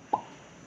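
On a Chrysler 300C SRT8 during a JLT catch can install to fix a surging idle, a vent hose or fitting is pushed all the way into the catch can or engine intake port so it seals. A single sharp, short hit sounds at 0.1 s, then only faint background noise follows. The fitting is seated fully home.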